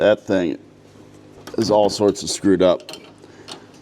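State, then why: Not seated. Someone talks while trying by hand to thread a hydro boost hydraulic line flare nut into the power steering box port of a 1976 Cadillac Eldorado, with faint metallic scraping and a small tick near 3.5 s. The fitting will not catch its threads and may be cross-threaded, so nothing has seated or clicked yet.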